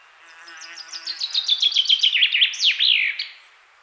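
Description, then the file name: Common chaffinch song: a bright run of descending chipping notes flowing into a slurred, emphatic flourish at the end, about three seconds long. "Fringilla coelebs"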